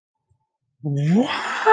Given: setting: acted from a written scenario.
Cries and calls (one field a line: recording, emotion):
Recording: vocal sound without words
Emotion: positive surprise